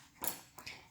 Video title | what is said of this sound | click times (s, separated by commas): Assembling and disassembling a keyboard! | which we can put the key the wire in and that clicks right into place | 0.3 s